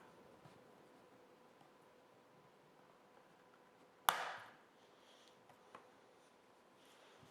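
A knife slid into the seam of a plastic end cap on a Jawbone Big Jambox portable speaker is twisted to pry it up, to get at the rechargeable battery for replacement. At 4.1 s the corner clip lets go with a sharp, bright snap that trails off over about half a second, followed by faint small ticks near 5.5 and 5.8 s. The end cap clip is released.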